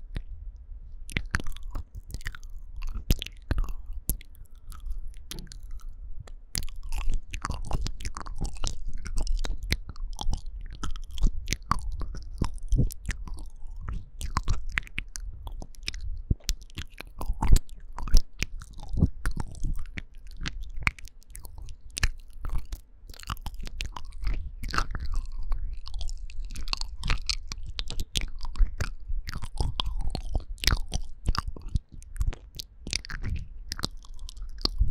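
Wet mouth sounds fill the whole clip: rapid clicks, smacks and crunchy, chewing-like pops come in dense, irregular bursts with hardly a pause. The sound has a soft low rumble underneath and crisp, bright snaps on top.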